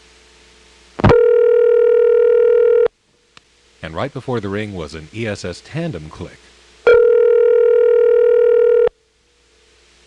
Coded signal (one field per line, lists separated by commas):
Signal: telephone call progress tone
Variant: North America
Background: speech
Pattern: ringback tone